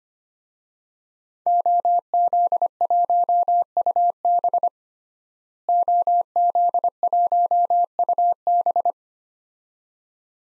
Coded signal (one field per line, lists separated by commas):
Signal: Morse code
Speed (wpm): 25 wpm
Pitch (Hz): 700 Hz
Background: none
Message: OZ1UB OZ1UB